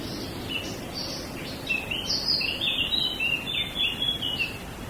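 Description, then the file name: Small birds twittering in quick high chirpy phrases against a steady low rumbling noise. Small birds in a wood. "Uccellini bosco e moscone"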